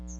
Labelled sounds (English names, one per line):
Chestnut-sided Warbler flight call